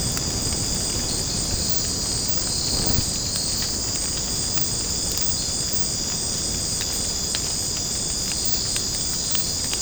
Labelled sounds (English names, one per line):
none